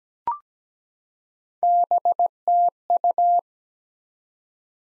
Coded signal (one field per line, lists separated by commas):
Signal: Morse code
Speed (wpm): 17 wpm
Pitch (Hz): 700 Hz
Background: none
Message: BTU